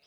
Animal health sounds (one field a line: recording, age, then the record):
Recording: pig call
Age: piglet (1 to 25 days)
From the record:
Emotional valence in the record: positive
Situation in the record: reunion after long isolation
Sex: female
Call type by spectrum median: high-frequency call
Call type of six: low-frequency tonal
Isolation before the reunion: 8 minutes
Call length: 0.07 s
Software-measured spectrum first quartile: 2009 Hz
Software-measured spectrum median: 3601 Hz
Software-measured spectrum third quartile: 5188 Hz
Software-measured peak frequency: 5105 Hz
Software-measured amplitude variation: 17 dB a second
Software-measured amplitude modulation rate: 6.7 a second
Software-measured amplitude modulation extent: 2.6 dB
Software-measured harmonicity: -0.6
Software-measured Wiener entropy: -0.90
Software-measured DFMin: 981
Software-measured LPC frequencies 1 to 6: 659, 1722, 2579, 3180, 3686, 5059 Hz